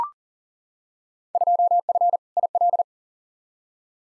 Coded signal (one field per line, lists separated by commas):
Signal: Morse code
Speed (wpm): 40 wpm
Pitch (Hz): 700 Hz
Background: none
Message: 2F IL